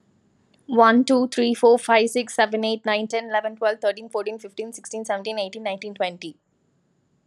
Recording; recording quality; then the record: counting at a fast pace; excellent, no background noise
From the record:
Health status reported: healthy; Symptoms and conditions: none ticked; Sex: female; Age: 25 years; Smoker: not ticked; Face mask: not worn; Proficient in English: yes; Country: India